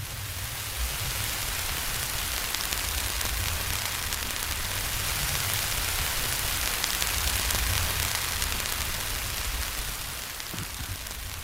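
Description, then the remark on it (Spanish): A recorded solar storm, captured by the CARISMA magnetic observatory network in Canada: a dense, steady wash of hissing, crackling static like heavy rain, holding an even loudness for about eleven seconds with no voices. “Es el sonido del sol. Concretamente, el sonido de una tormenta solar.”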